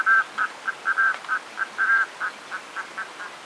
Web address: Strolaga minore